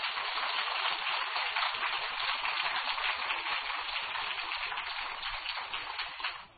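An audience applauds, a dense, steady wash of many hands clapping that holds for about six seconds before tapering off at the end, with no voices over it.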